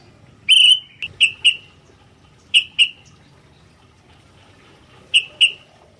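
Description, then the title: Sooty-headed bulbul calling with short whistled notes in small groups, with pauses of a second or more between groups. "kutilang"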